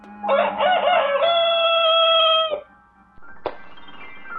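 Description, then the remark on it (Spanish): A rooster crows once, loud and strained, opening with a rising ragged note and holding a long bright tone for about two seconds before cutting off; a short sharp burst follows. “Porque Jesucristo fue negado 3 veces a la hora de la Santísima Trinidad, antes de que cantara el gallo.”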